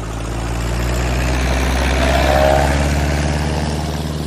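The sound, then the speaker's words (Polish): A propeller airplane engine drones steadily as it takes off at 13:00 from a field near Kętrzyn, next to the forests that held Hitler's headquarters, a deep rumbling hum that swells slightly in loudness partway through, with no voices. “Samolot startował o godzinie 13.00.”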